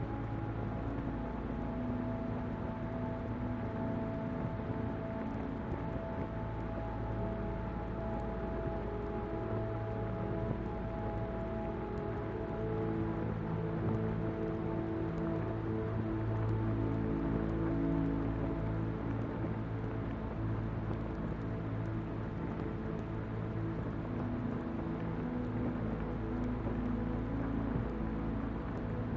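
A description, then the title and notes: Rain falls steadily all around and drums on an umbrella overhead, a dense, unbroken patter that stays at an even level for the whole half minute. The sound is heavy and low rather than bright, with a constant low hum running underneath. Rain falls around you as well as on your umbrella.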